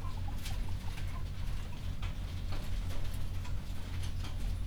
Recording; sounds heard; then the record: poultry house recording; healthy chickens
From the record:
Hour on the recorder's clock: 22